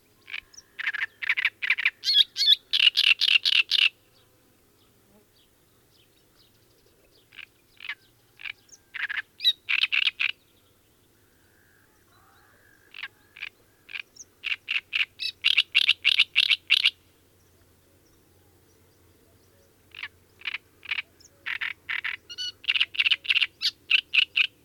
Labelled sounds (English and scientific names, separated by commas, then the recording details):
Great Reed Warbler (Acrocephalus arundinaceus) song
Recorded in the wild
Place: Lütow, Insel Usedom, Mecklenburg-Vorpommern, DE
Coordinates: 54.032, 13.888
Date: 1975-06-13
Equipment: Nagra III BH, Sennheiser MD 21, parabola
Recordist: Schubert, Michael